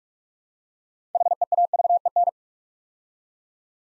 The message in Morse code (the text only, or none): HEAVEN